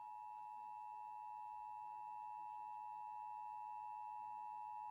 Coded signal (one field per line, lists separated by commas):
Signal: Emergency Alert System (SAME) tones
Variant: 853 and 960 Hz attention tone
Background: speech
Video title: Iowa State Emergency Alert System Tests - January 2nd, 2019